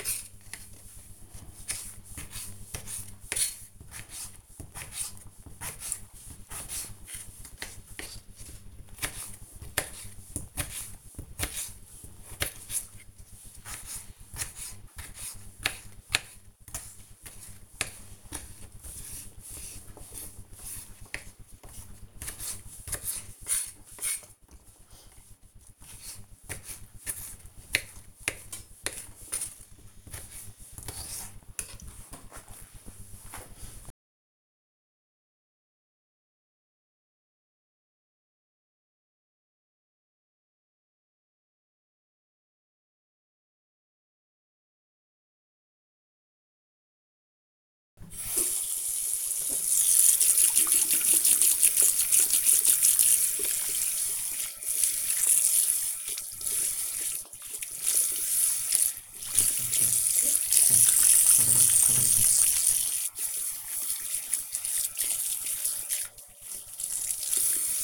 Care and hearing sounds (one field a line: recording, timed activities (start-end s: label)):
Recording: household activities, microphone on the right wrist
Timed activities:
0.00-31.58 s: cutting vegetables
47.71-67.84 s: washing hands
52.72 s: note: voice?